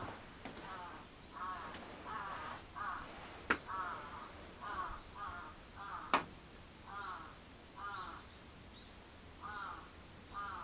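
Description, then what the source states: Crow cawing steadily in hoarse repeated notes, broken by a few sharp clicks or knocks. Recorded 14 July 2022 at 06:37.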